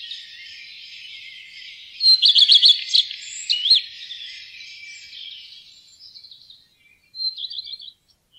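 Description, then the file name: Common redstart song: a short bright phrase of rapid high notes with a brief rising flourish, then a second short burst of quick notes near the end, over faint high twittering. "roedstjert"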